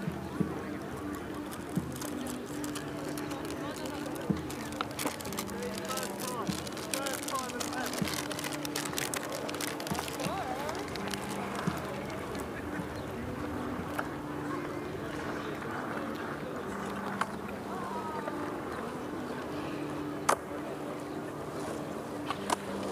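Hundreds of people go about their activities on the Tempelhofer Freiheit in Berlin, a steady wash of overlapping voices and chatter. A low engine-like hum holds underneath throughout, and brief sharp clicks and knocks pop out now and then, including a louder one around twenty seconds.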